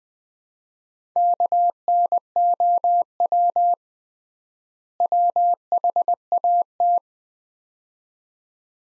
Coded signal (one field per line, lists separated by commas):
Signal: Morse code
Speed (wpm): 21 wpm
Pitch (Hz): 700 Hz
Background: none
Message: KNOW WHAT